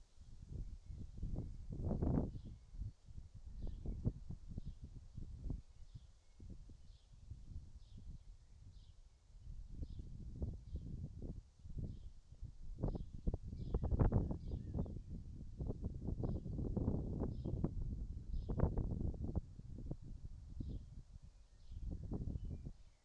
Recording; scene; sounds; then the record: everyday scene through a hearing-aid microphone; wind on the microphone; wind, birds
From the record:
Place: in front of a rural house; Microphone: in the ear canal, right